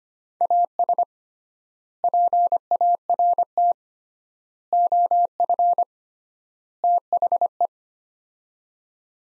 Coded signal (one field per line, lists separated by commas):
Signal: Morse code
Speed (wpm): 25 wpm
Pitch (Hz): 700 Hz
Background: none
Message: AS PART OF THE